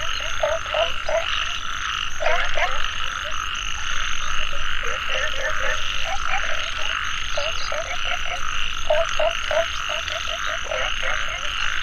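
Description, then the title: Frog chorus of short clicking croaks in irregular bursts, several per second, over a constant shrill background drone. Frogs calling in a mountain valley at dusk; field recording. "傍晚山谷里的蛙和鸟齐鸣 声谷"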